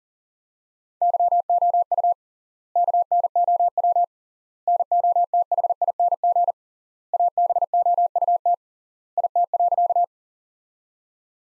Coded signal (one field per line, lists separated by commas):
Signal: Morse code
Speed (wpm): 40 wpm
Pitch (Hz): 700 Hz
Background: none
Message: YOU KNOW NOTHING ABOUT IT.